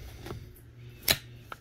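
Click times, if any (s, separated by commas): 1.1 s, 1.5 s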